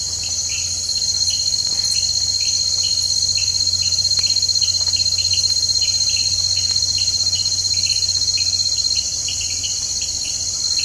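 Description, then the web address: Rain frog calls: short chirped notes repeated rapidly, several per second, over a loud, steady, high-pitched insect chorus. Unidentified Eleutherodactylus species, Ecuadorian Amazon, South America. "Natures Songs. Frogs of Ecuadorian Amazon Eleutherodactylus sp"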